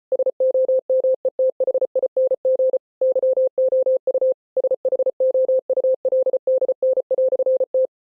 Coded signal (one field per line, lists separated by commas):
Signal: Morse code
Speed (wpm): 33 wpm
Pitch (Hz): 520 Hz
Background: none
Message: SOMETHING YOU SHOULDN"T